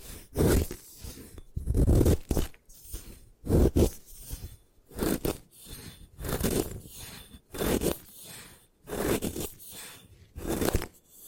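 Gym chalk being crushed and scraped in repeated gritty bursts about every one to one and a half seconds, with crunching and tearing textures between short pauses.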